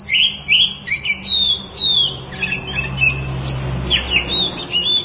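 Oriental magpie-robin singing clear whistled notes and slurred phrases, descending sweeps and sharp chips in quick succession over a steady low hum.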